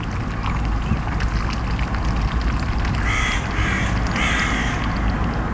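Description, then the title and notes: Crow calling, three short harsh bursts in quick succession late, over a steady low rumble of traffic. On a canal at Plesse, France, with distant traffic; recorded on a Sony PCM-D100 with internal microphones. "Crow calls. Cris de corbeaux."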